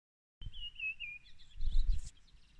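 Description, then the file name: Bird call: a clear whistled phrase falling in pitch, then scattered chirps masked partly by louder low rumbling noise. "hvilken fugl er dette"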